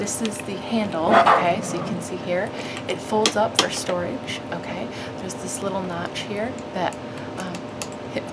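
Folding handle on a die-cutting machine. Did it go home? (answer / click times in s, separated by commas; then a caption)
yes / 7.8 s. The folding handle of a Maker's Movement Crossover II manual die-cutting machine is swung open until its notch catches and the handle locks into place. Someone talks throughout, and a sharp click is heard at 7.8 s as the handle locks, among a few small knocks around it.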